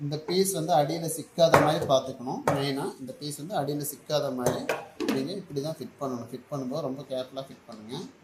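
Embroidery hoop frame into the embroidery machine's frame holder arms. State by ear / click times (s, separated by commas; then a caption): not seated / none. An embroidery hoop frame is being handled and carefully fitted toward the embroidery machine's frame holder arms, with its two pins meant to go into the two slots, taking care that the piece does not get caught underneath. Someone talks throughout over faint handling sounds. Nothing has seated or clicked yet by the end of the clip.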